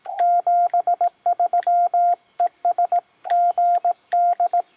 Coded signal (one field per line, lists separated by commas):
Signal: Morse code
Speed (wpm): 18 wpm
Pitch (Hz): 700 Hz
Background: none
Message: 73 ES GD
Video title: EA1AQ: FT-897D Solar: CW QSO with DF2DM